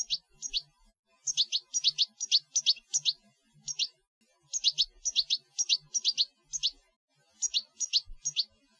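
European goldfinch song: high, down-slurred twittering notes in quick clusters separated by short pauses, repeated throughout.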